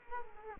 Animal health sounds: mosquito wingbeat signal from an infrared sensor; Culex quinquefasciatus

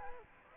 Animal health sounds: mosquito wingbeat signal from an infrared sensor; Aedes aegypti

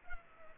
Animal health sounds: mosquito wingbeat signal from an infrared sensor; Culex pipiens

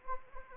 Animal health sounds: mosquito wingbeat signal from an infrared sensor; Anopheles arabiensis

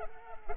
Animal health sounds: mosquito wingbeat signal from an infrared sensor; Culex pipiens

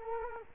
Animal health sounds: mosquito wingbeat signal from an infrared sensor; Culex quinquefasciatus

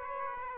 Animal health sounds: mosquito wingbeat signal from an infrared sensor; Aedes aegypti

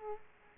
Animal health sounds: mosquito wingbeat signal from an infrared sensor; Aedes aegypti

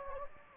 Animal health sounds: mosquito wingbeat signal from an infrared sensor; Anopheles gambiae

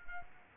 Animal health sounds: mosquito wingbeat signal from an infrared sensor; Culex quinquefasciatus

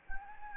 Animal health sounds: mosquito wingbeat signal from an infrared sensor; Anopheles gambiae

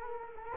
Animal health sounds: mosquito wingbeat signal from an infrared sensor; Culex quinquefasciatus

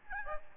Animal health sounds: mosquito wingbeat signal from an infrared sensor; Aedes albopictus

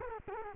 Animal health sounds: mosquito wingbeat signal from an infrared sensor; Culex quinquefasciatus

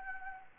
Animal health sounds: mosquito wingbeat signal from an infrared sensor; Anopheles gambiae

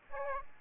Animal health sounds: mosquito wingbeat signal from an infrared sensor; Aedes aegypti

